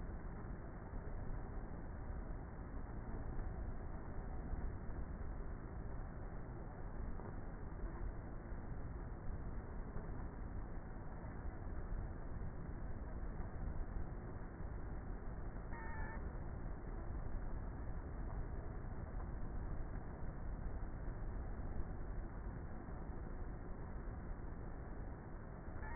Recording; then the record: honeybee colony, microphone inside the hive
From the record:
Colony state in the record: queenless with a low population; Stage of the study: before two queens were removed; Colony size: about 30,000 bees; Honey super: no